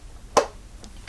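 The hinged lid of a small silicone-covered, hard-plastic menstrual cup storage case is closed and snaps shut with one sharp click at 0.4 seconds. Two much fainter ticks follow at 0.8 and 1.1 seconds. The lid is seated and closed.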